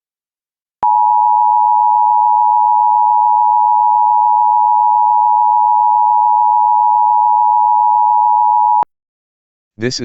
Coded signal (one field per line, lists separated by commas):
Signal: Emergency Alert System (SAME) tones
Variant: 853 and 960 Hz attention tone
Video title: EAS Civil Emergency Message (Susquehanna Nuclear Power Plant Annual Siren Test) Pennsylvania